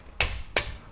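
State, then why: Torque reached. A 1/2 inch click-type torque wrench tightens the drain plug with its crush washer on the front differential of a 5th Gen Toyota 4Runner to 48 ft-lb during a differential fluid service. Two sharp metallic clicks ring out at 0.2 s and 0.6 s, each with a brief bright decay. The wrench reaches its setting and the 48 ft-lb torque is confirmed.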